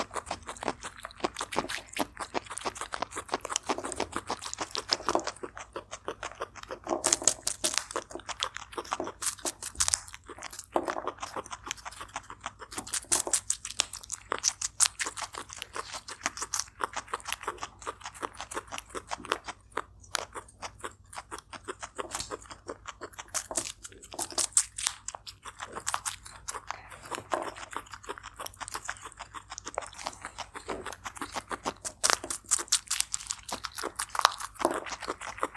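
A turtle eating, with a dense, irregular run of sharp crunches and wet bites that continue for the whole stretch, a few louder snaps standing out. A low steady hum sits underneath.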